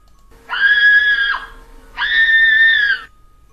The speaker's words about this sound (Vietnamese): Tiếng hét sợ hãi vang lên, vọng khắp nhà xác.